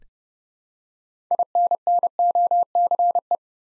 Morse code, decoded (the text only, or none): INNOCE